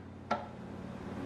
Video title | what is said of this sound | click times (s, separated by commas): ℹVITAMIX Professional 500 Series - Unboxing & Product Review | barely but it snaps now | 0.3 s